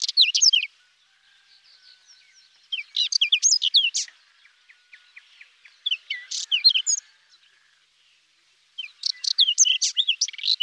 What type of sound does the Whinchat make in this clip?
song